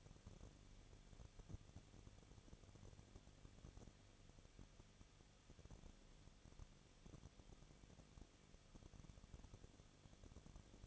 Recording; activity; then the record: daily activity, microphone in the room; no activity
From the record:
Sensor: 4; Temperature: 23.1 degrees Celsius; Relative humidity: 34.1%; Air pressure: 1007.2 hPa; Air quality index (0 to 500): 216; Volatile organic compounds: 15 ppm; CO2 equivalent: 2494 ppm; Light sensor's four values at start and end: 2/3/1/1 and 2/3/1/1